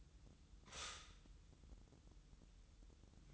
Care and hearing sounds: daily activity, microphone in the room; stop toaster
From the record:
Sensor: 3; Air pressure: 988.6 hPa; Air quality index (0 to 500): 196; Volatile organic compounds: 314 ppm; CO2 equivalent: 4510 ppm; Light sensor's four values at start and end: 23/72/30/26 and 23/72/30/26

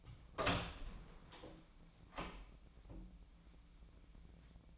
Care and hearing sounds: daily activity, microphone in the room; open door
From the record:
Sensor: 1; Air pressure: 1009.2 hPa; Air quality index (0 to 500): 188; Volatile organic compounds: 4 ppm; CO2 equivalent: 1580 ppm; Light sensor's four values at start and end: 38/101/41/49 and 38/102/42/49

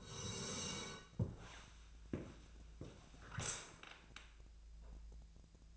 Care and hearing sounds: daily activity, microphone in the room; sit down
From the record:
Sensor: 2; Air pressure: 1000.3 hPa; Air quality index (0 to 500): 158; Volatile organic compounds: 3 ppm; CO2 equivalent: 1326 ppm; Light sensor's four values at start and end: 10/22/10/11 and 9/22/9/10

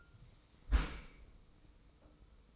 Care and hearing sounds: daily activity, microphone in the room; close dishwasher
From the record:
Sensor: 1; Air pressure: 990.5 hPa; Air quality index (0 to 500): 177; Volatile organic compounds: 1000 ppm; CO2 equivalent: 6527 ppm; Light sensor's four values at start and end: 26/62/26/28 and 26/62/26/28

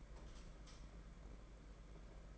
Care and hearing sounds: daily activity, microphone in the room; light off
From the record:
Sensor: 5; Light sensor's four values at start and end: 8/19/7/8 and 8/18/7/8

